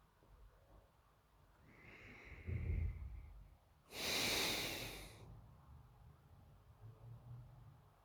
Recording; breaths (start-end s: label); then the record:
nose breathing near a microphone
1.44-3.74 s: inhalation
3.74-5.25 s: exhalation
7.85-8.05 s: inhalation
From the record:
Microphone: phone